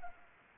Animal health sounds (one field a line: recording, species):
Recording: mosquito wingbeat signal from an infrared sensor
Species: Anopheles arabiensis